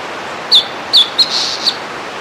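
Bird calls: four short, high chirps, the first two slurred downward, over a steady hiss.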